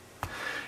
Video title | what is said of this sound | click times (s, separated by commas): Recent Release EDC Survival Multi-Tool! (Leatherman Signal Clone?) | well you have to sort of push it back into place and then that locks into place as well | 0.2 s